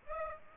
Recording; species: mosquito wingbeat signal from an infrared sensor; Aedes aegypti